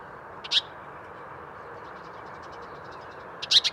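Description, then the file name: House sparrow chirping in brief clusters at the beginning and end, faint scattered twitters in between, over steady low-pitched background noise. "Passer domesticus"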